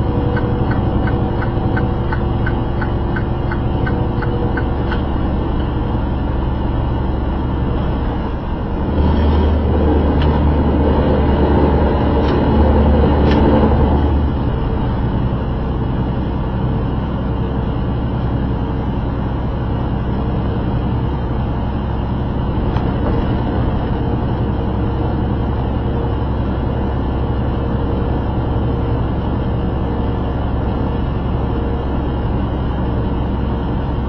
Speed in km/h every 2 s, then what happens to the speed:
92, 92, 90, 90, 87, 85, 85, 85, 85, 87, 87, 89, 89, 89, 89, 89, 87.
0-9 slows to 85. 9-34 steady at about 87.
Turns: none.